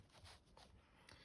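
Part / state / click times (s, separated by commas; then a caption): Lightning charging cable into tablet charging port / not seated / none. A Lightning charging cable is pushed into an iPad Air's charging port but will not go all the way in, likely because of debris in the port. Faint rubbing and scraping is heard, with two brief knocks around 0.6 s and 1.1 s. Nothing has seated or clicked yet.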